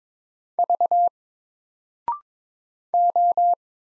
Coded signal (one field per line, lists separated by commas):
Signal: Morse code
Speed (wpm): 22 wpm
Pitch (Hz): 700 Hz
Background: none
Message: V O